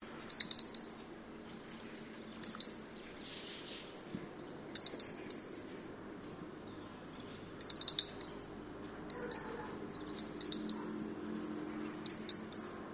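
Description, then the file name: European robin calls, short high ticking and thin notes in quick clusters, repeated irregularly throughout over a faint low background hum. "Erithacus rubecula"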